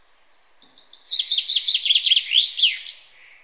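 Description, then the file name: Common chaffinch song: a quick run of clear chipping notes that speeds up and falls, ending in a short flourish. "Fringilla coelebs"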